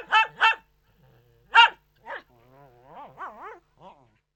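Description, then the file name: Poodle barking: two quick sharp barks, a pause, two more barks, then soft wavering whines and a short final yip. Poodle barking indoors. "Digiffects Sound Effects Library - Poodle Dog Barking Indoors"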